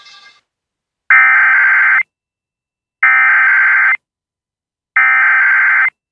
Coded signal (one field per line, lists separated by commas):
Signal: Emergency Alert System (SAME) tones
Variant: header bursts